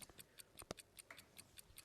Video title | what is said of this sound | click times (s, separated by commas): Gemporia Live | That's the kind of click you want to hear click into place. | 0.7 s